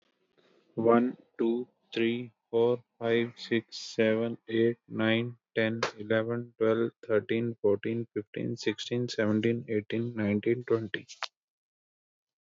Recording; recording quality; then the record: counting at a normal pace; excellent, no background noise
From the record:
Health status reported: healthy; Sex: male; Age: 32 years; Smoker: no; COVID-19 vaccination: both doses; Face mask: not worn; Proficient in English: yes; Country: India